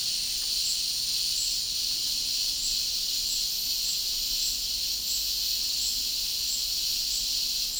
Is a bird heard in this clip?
no